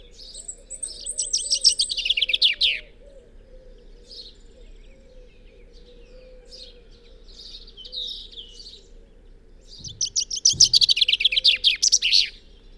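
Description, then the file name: Common chaffinch song: two bright, fast trilled phrases, one at the start and one near the end, with soft scattered notes between over a low steady hum. "Fringilla coelebs"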